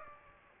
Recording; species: mosquito wingbeat signal from an infrared sensor; Aedes aegypti